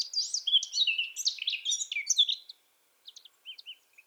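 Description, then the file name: Eurasian blackcap song: a fast, rich warble of slurred and fluty notes lasting about two and a half seconds, followed by a few soft, separate chips. "Sylvia atricapilla"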